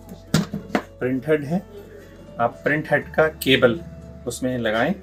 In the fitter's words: इसी में ही वापस हम लगा देंगे और ये इस तरीके से लॉक हो जाता है।